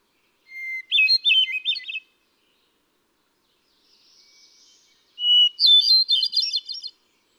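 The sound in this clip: Hermit thrush song: two flutey phrases, each opening on a long pure whistle and breaking into tumbling ringing notes, the second pitched higher, with a faint buzzy note between.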